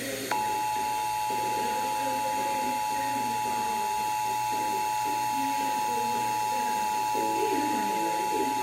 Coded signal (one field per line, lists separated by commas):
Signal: Emergency Alert System (SAME) tones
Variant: 853 and 960 Hz attention tone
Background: speech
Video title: EAS #318 Required Monthly Test